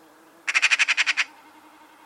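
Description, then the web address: Bird call: a rapid burst of about nine quick, harsh pulses lasting under a second, followed by quiet background. "Deverinetal 2025 File origin Bird Only"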